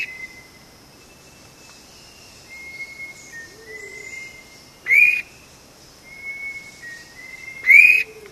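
Vogelkop bowerbird giving two sharp rising whistles about three seconds apart, with long thin whistles in the background.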